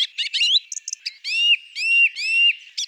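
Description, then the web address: Song thrush phrases: a few quick chirpy notes, then a clear arching whistle repeated three times in succession. "Turdus philomelos"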